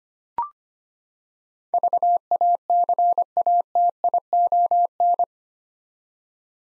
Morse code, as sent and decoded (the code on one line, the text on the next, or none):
...- .- -.-. .- - .. --- -.
VACATION